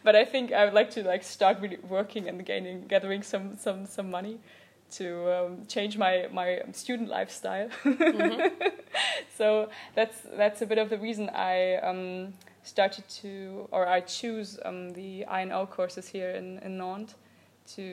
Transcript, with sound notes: but I think I would like to start working and gathering some money to change my student lifestyle *laughing*. That’s a bit of the reason I started to or I choose the I/O courses here in Nantes to